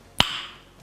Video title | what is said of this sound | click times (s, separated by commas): I tried out Product Design, here's how it went... | and when it snaps onto the ring it's got a very nice satisfying snap | 0.2 s